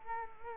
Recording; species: mosquito wingbeat signal from an infrared sensor; Culex quinquefasciatus